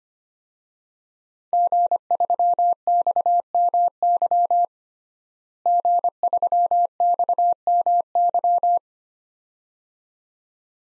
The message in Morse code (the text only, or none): G3XMY G3XMY